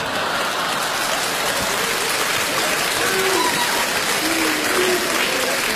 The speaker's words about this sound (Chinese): 你看我们相声演员往这一站，我们一唱，大家报以掌声。 嗯， 这是对我们的鼓励。